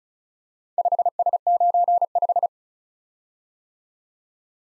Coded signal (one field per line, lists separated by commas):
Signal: Morse code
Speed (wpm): 35 wpm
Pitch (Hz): 700 Hz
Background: none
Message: 5S95